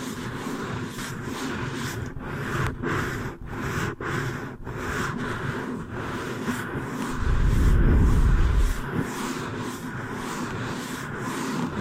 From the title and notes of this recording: ASMR Hypnotic Hair Washing, Brushing and Massage with Layered Sounds (No Talking).